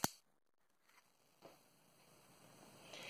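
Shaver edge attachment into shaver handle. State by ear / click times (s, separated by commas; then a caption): seated / 0.0 s. A plastic interchangeable edge for a handheld fabric shaver, one of the fine, coarse or coarsest edges, is pressed onto the shaver handle and snaps in with one sharp click at 0.0 s. A few faint soft knocks follow over a low hiss that rises near the end. The edge is seated on the handle.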